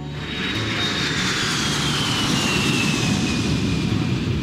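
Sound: airplane engine flying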